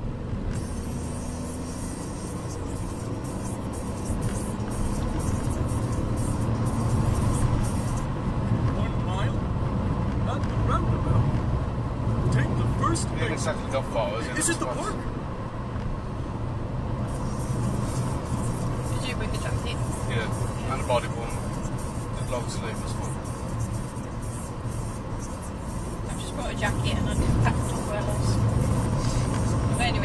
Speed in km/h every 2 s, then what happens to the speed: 71, 85, 95, 95, 97, 98, 101, 103, 103, 101, 100, 97, 97, 100, 101.
0-13 speeds up to 103.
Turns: none.